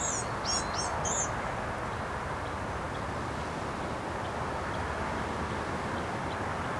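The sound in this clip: Black-capped vireo song: a rapid string of high, squeaky, chattering notes in the first second, then only steady rushing noise.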